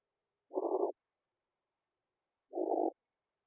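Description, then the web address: Brown's leopard frog calling: two short, rough, grating croaks about two seconds apart, each lasting under half a second, with silence between them. "Lithobates brownorum"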